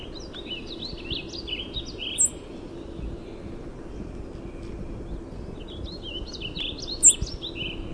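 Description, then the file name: Golden-crowned sparrow giving two sharp, very high single call notes about five seconds apart, over a busy chatter of other small birds and a steady low rumble. "GCSP call"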